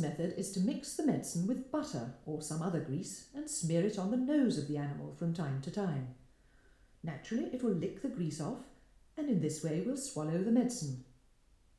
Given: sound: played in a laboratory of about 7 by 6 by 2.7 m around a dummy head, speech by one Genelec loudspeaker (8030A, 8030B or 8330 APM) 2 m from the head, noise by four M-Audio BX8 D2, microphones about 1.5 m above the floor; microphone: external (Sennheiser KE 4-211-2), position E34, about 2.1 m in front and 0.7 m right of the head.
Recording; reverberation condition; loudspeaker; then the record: female speech in English; medium; 30 degrees to the right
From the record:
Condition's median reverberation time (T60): about 510 ms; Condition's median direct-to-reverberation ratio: about -0.5 dB